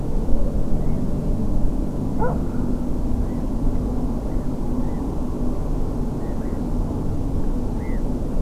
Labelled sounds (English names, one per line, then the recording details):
Black-headed Gull
unidentified animal sound
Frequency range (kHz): Black-headed Gull 1.2-2.5 kHz
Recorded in France